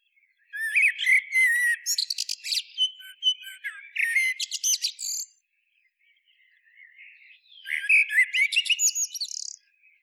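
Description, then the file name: Common blackbird pouring out two loud runs of high squeaks, chatters and rattles, the first long, the second after a quiet gap with soft twittering. "Turdus merula"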